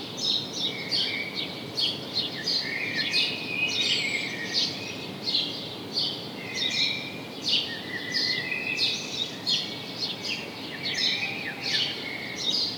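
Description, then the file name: House sparrow chirps, many short bright notes in a busy, continuous chatter over a steady low background hiss. "Passer domesticus"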